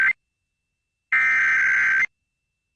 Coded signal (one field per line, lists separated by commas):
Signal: Emergency Alert System (SAME) tones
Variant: header bursts